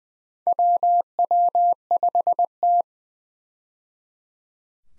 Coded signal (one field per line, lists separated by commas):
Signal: Morse code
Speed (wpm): 20 wpm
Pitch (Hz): 700 Hz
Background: none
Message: WW5T